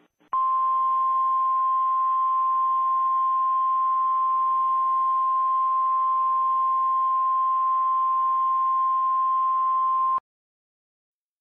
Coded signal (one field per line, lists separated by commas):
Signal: Emergency Alert System (SAME) tones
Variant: 1050 Hz attention tone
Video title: EAS Mock - Mystery Scenerio (Part 1)